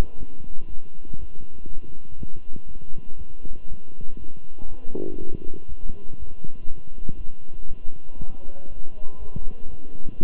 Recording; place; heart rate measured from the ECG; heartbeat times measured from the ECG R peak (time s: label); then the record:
heart sounds by stethoscope; between the tricuspid and mitral areas; 120 bpm
0.19 s: heartbeat
0.69 s: heartbeat
1.19 s: heartbeat
1.68 s: heartbeat
2.18 s: heartbeat
2.67 s: heartbeat
3.17 s: heartbeat
3.68 s: heartbeat
4.18 s: heartbeat
4.68 s: heartbeat
5.18 s: heartbeat
5.68 s: heartbeat
6.18 s: heartbeat
6.67 s: heartbeat
7.17 s: heartbeat
7.67 s: heartbeat
8.18 s: heartbeat
8.68 s: heartbeat
9.19 s: heartbeat
9.70 s: heartbeat
10.22 s: heartbeat
From the record:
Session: walking at 3.7 km/h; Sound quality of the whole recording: good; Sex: male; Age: 23 years